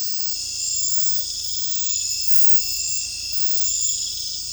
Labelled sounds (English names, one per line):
none